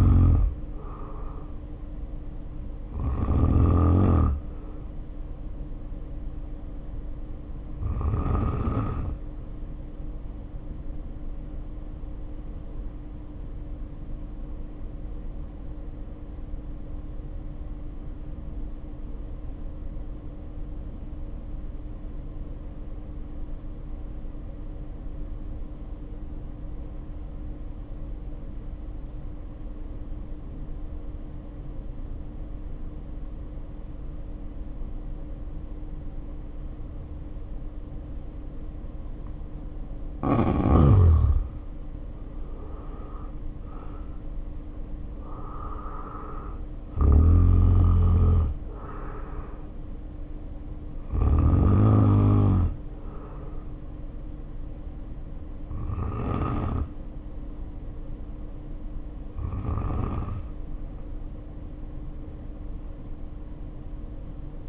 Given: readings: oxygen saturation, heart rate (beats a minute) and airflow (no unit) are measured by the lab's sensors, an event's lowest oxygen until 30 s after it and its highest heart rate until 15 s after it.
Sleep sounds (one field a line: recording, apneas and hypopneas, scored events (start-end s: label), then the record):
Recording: breathing in sleep by a smartphone at the bedside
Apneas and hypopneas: 1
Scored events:
4.00-41.80 s: hypopnea (N2, oxygen 95% highest, then 74% lowest, heart rate 61 at the start, 67 highest)
From the record:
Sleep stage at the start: N2 (light sleep)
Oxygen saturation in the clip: 74 to 95%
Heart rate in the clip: 48 to 67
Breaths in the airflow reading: 18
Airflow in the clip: -2.2 to 3.3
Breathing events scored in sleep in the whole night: 520 in 7.2 hours asleep